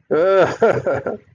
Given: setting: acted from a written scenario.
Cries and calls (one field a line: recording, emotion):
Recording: vocal sound without words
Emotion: pride